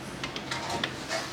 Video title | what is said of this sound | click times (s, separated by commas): ND Miata JBL Speakers Install | is where the plug andplay adapter comes in and snaps right in Easy Peasy | 0.8 s